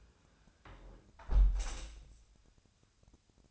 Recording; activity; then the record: daily activity, microphone in the room; close window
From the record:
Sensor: 2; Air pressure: 1000.3 hPa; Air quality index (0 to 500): 153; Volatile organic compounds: 2 ppm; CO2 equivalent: 1271 ppm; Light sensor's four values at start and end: 11/30/12/13 and 11/30/11/13